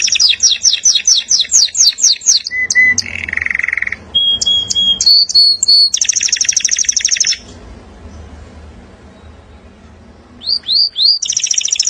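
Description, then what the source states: Canary song of rattling trills, a buzzy roll and whistled notes, then a pause of near quiet before fast repeated downslurs and a high trill resume. Master training recording of a national contest champion canary.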